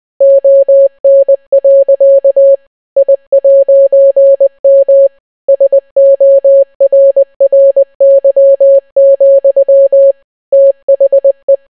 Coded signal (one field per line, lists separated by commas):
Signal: Morse code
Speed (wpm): 20 wpm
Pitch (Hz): 550 Hz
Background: none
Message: ON. I'M SORRY, THE